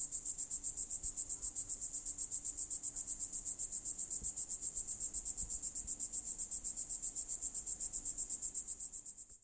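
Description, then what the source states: Cicada song, a shrill high-pitched buzz broken into rapid even pulses, running without pause and fading slightly at the very end. Recorded close to the cicada.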